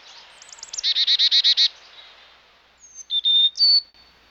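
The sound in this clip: Chickadee call: a few high, quickly descending introductory notes, then about seven buzzy, evenly spaced dee notes, followed by a few short, clear whistled tones at different pitches.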